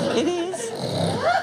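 A man asleep, snoring, so loud and rough it barely sounds human, with a pig-like snort at the end.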